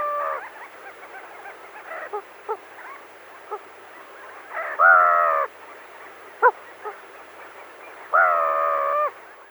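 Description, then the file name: Slender-billed gull calls: two drawn-out, nasal, slightly wavering calls a few seconds apart, with faint scattered clicks and softer calls between them. "Golubok morskoj"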